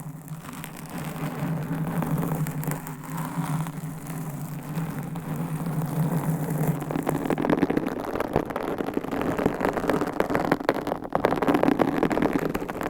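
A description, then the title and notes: Microphone scratching with a steady low rumble that fills the first half, smooth and even like a running engine. Around seven seconds the sound turns rougher and denser, with rapid crackling scratches streaking through until the end, holding at an even loudness. ASMR Mic Scratching Battle with 100 Different MICS ! Bare VS Foam VS Fluffy Covers No Talking.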